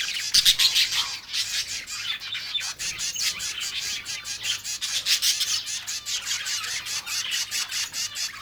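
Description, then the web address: Exotic birds chattering in a rapid, rattling flurry of scratchy notes, with a few clearer chirps at the very start. "Blue Box birds birds exotic"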